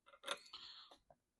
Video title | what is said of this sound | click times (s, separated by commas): Rescue Boat Operation | once you do that you hear this audible click | 0.3 s